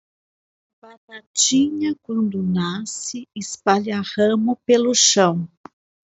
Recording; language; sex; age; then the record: short text; Brazilian Portuguese; female; 50 to 59 years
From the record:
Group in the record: control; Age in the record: 52 years